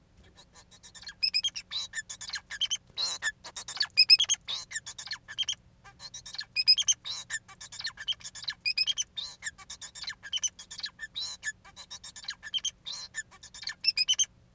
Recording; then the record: song of a male Bengalese finch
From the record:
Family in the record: son of father 4